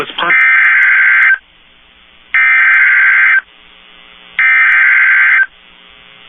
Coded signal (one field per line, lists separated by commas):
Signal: Emergency Alert System (SAME) tones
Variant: header bursts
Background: speech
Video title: EAS #1,971 Online NOAA Weather Radio Severe T’storm Warning #9 5/20/25